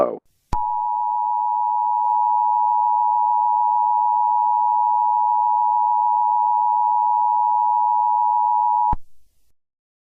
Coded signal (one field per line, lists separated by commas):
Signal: Emergency Alert System (SAME) tones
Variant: 853 and 960 Hz attention tone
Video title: Real Life EAS Scenario: The Coronavirus pt. 3, Nationwide Emergency #coronavirus